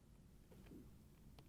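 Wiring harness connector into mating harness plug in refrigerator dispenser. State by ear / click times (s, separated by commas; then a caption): not seated / none. The plastic halves of an LG refrigerator dispenser wiring harness connector are handled as they are brought together toward the mating harness plug, the blue one going to the heater, during an ice chute door replacement (part 5007JA3006R, fits Kenmore). Only soft rustling and faint handling taps sound over a steady low background hum, and nothing has seated or clicked yet.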